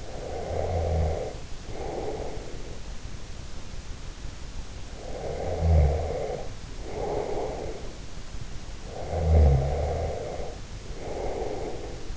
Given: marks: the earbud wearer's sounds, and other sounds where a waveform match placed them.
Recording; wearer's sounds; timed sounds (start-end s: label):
sounds in sleep by an in-ear microphone; snoring breath
0.00-2.69 s: snoring breath
5.03-8.06 s: snoring breath
8.95-12.17 s: snoring breath